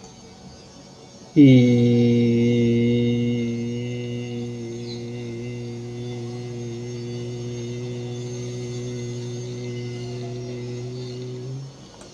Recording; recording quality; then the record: sustained vowel as in beet; excellent, no background noise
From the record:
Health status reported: healthy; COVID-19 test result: not tested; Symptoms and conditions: none ticked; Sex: male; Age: 53 years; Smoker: not ticked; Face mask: not worn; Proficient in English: yes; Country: India